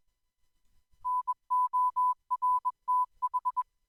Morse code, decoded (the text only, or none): NORTH